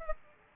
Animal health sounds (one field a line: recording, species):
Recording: mosquito wingbeat signal from an infrared sensor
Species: Aedes aegypti